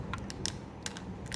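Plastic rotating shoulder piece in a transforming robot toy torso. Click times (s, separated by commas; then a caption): 0.5 s. A gray plastic shoulder piece on a transforming robot toy's torso is rotated, making a series of light, sharp plastic ticks. A soft click lands at 0.5 s, but the joint has not fully clicked into place.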